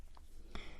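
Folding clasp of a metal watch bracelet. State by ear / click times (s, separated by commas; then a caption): seated / 0.5 s. A folding clasp on a heavy, polished metal watch bracelet is closed by hand, with a faint small tick near 0.2 s. A sharp, bright metallic click at 0.6 s marks the clasp snapping shut, and the clasp is securely seated.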